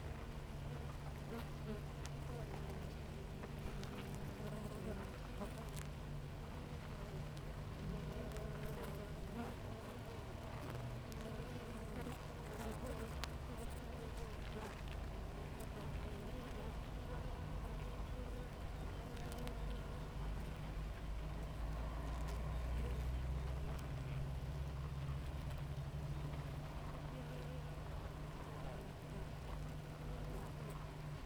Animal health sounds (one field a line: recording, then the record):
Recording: honeybee colony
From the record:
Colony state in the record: active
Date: 28 July 2017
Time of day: 6:32